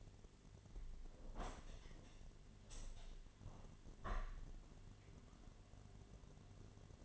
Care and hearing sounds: daily activity, microphone in the room; open window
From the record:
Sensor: 4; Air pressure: 1007.3 hPa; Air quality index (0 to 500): 201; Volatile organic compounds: 7 ppm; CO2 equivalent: 2000 ppm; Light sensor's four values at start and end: 23/73/28/27 and 23/73/28/27

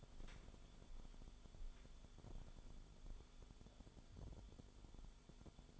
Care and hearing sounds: daily activity, microphone in the room; walk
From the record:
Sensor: 5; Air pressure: 1015.4 hPa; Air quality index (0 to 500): 177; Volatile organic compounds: 6 ppm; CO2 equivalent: 1925 ppm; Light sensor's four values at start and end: 38/88/36/35 and 39/90/36/36

